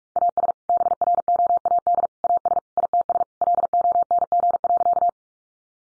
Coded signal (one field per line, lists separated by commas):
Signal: Morse code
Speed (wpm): 44 wpm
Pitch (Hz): 700 Hz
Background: none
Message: AS BROAD AS ITS LONG.